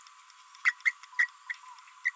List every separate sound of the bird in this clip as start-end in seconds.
0.65-0.72, 0.86-0.91, 1.19-1.26, 2.05-2.10